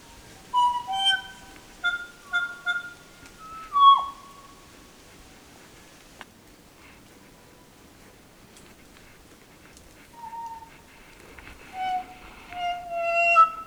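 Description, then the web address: Kokako song with clusters of clear, sustained notes and a harsh swoop, a quiet stretch, then more long mellow tones toward the end. "sound kōkako. دانلود-صدای-پرنده-کوکاکو"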